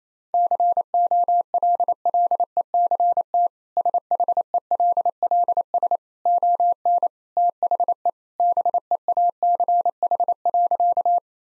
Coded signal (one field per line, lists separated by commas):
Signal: Morse code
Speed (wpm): 28 wpm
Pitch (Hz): 700 Hz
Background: none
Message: COLLECT SHELLS ON THE BEACH.